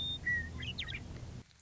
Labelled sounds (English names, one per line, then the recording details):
Western Meadowlark
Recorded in Sonoma County, California